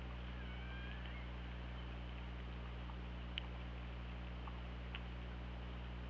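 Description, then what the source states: Killer whale call: a brief wavering tonal sound sliding between middle and high pitch near the start, over steady electrical hum and a few scattered clicks. Recorded on the OrcaLab hydrophone, 24 August 2017, 21:22.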